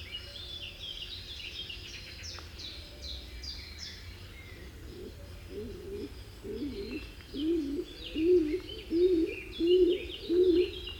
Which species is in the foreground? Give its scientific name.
Columba oenas